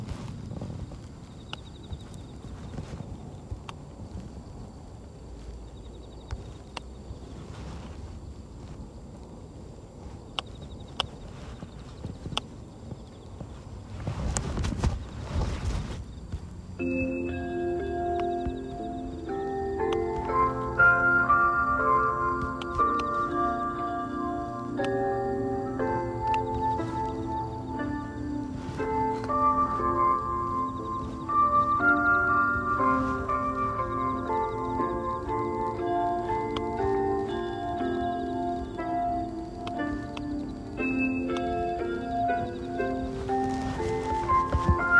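Carrot weeding at dusk: quiet rustling and scattered soft knocks over a low rumble, with a burst of loud thumps around 15 seconds. From about 17 seconds, overlapping steady tones rise in, layered and continuous to the end, while the scratchy handling sounds carry on beneath.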